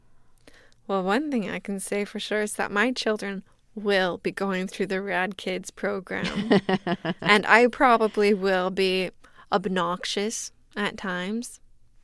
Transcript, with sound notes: Well, one thing I can say for sure is that my children will be going through the Rad Kids program.
(LAUGHTER)
And I probably will be obnoxious at times.